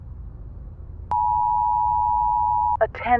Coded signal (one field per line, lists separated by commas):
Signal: Emergency Alert System (SAME) tones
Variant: 853 and 960 Hz attention tone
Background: speech